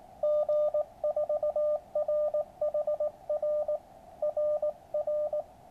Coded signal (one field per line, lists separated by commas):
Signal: Morse code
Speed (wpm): 19 wpm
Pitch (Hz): 600 Hz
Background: radio noise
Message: G4RHR RR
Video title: The QRP Labs QCX Morse Code Radio Kit.